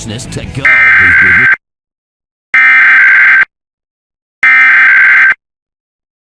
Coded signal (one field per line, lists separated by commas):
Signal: Emergency Alert System (SAME) tones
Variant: header bursts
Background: speech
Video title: EAS PART 2